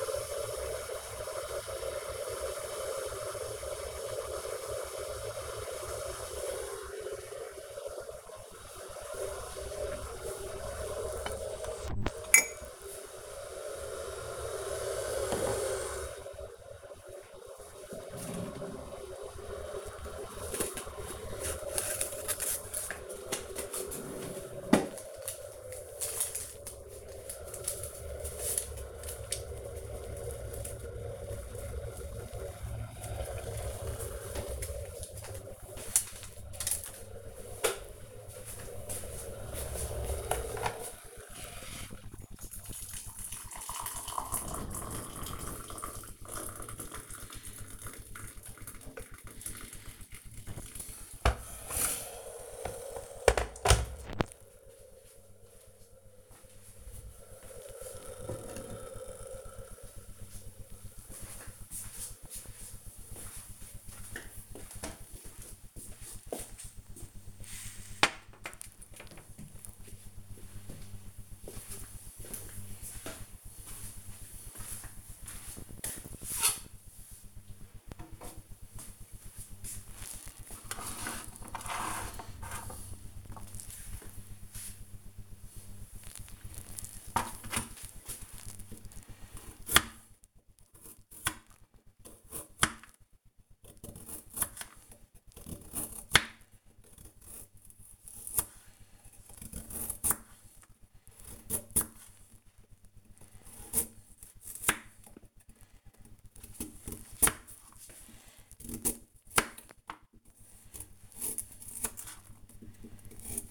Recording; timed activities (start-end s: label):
household activities, microphone on the right wrist
0.00-53.60 s: making tea
85.83-113.51 s: cutting vegetables